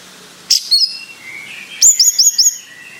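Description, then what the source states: Bayeman song: a sharp high note and short warble, then four quick descending whistled notes in a brisk series. Bird described as 'gacor'.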